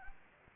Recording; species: mosquito wingbeat signal from an infrared sensor; Anopheles arabiensis